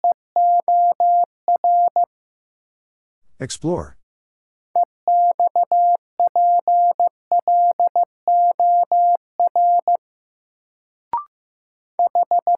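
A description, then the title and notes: Morse code beeps in a steady mid-pitched tone, short and long pulses in bursts, broken by a brief scratchy noise near four seconds. First, the word is sent in Morse code.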